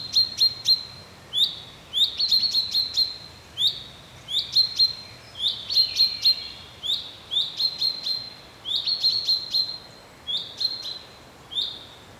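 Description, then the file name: Common chaffinch repeating short, sharp call notes in quick bursts that recur throughout. "Fringilla coelebs"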